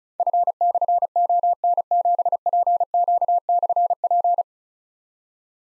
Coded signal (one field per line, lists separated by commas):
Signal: Morse code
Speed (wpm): 36 wpm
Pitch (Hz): 700 Hz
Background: none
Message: F/ON7PQ/P